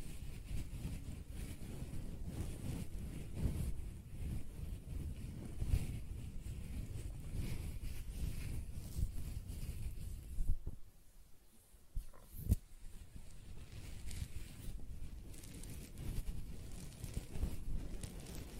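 Close-up hair sounds: rustling, scratching strokes with a low rumbling body and airy crackle on top, fairly dense and irregular. Around ten seconds it briefly thins out and goes quieter, with a sharp snap near twelve and a half seconds before the brushing resumes.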